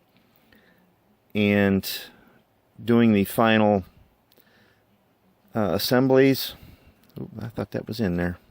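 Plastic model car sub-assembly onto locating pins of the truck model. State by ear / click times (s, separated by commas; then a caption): not seated / none. A plastic model car sub-assembly for an AMT 1992 Chevrolet Silverado C1500 Fleetside Short Bed Easy Build Pickup kit is handled during final assembly, about to be pressed onto the truck model's locating pins. Someone talks over faint ticks and light handling clicks. Nothing has seated or clicked yet.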